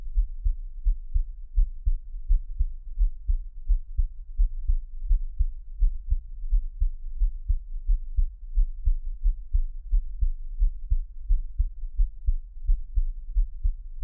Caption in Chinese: 獻上我的心跳 | Give my Heartbeat | NO Talking。